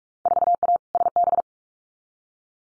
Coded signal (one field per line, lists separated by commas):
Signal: Morse code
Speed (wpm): 46 wpm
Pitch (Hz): 700 Hz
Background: none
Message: 4A SB